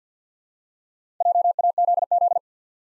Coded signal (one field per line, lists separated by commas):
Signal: Morse code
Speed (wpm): 50 wpm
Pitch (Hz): 700 Hz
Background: none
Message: JAZZ